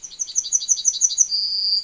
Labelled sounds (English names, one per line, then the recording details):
Yellowhammer song
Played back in forest
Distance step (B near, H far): C
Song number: 123